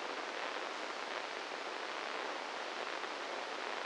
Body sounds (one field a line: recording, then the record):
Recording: brain microelectrode recording played as sound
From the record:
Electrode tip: inside the subthalamic nucleus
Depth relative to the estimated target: -1 mm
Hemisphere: right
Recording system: NeuroSet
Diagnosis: Parkinson's disease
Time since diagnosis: 8 years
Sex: male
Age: 58 years